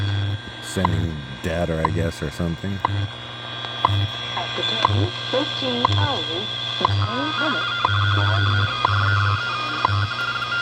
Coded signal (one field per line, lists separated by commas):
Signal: radio time signal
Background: speech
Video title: Weird sounds on WWV! Weirdest sound towards the ens#shortwave #vintage #bostonpatriot #retro